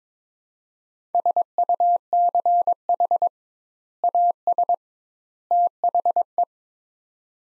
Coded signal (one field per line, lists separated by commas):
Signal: Morse code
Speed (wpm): 22 wpm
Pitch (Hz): 700 Hz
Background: none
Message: SUCH AS THE